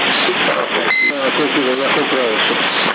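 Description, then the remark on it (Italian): A single short, high-pitched phone beep sounds over a noisy, band-limited line, followed by a person talking. “Ciao, c'è la telefonata lì.”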